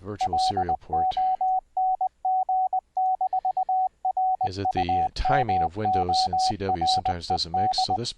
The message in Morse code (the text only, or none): LONG-RUMORED